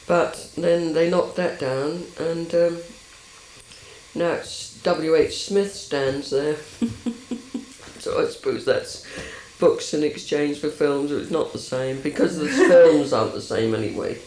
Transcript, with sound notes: But, then they knocked that down and erm, now it's W.H. Smith stands there. [laughs] So I suppose that's books in exchange for films. It's not the same-- [laughs] Because the films aren't the same anyway.